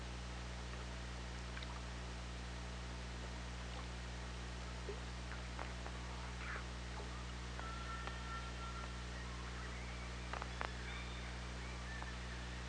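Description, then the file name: Killer whale calls: a long flat whistled tone midway, then higher steady tones near the end, with irregular clicks over a low underwater drone. OrcaLab hydrophone, 24 August 2017, 17:51. "Orca Lab UTLN JASON 20170824 175124"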